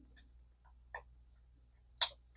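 During a clean and lube of a Zebco Cardinal 3 fishing reel, a small metal internal part is pushed down into the reel body. Faint ticks at about 0.2 s and 1.0 s come over a low steady hum. The part then seats with a sharp, bright click at 2.0 s.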